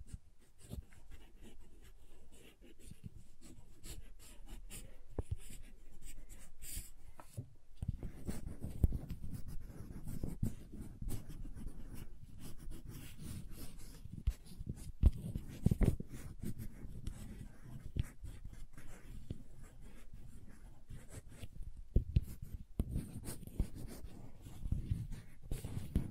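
Crayons tap and scrape across paper in quick, dense strokes, with sharp clicks scattered throughout. The first eight seconds are lighter and sparser; after that a heavier, lower scraping rubs on almost continuously, with louder taps near 15 and 22 seconds.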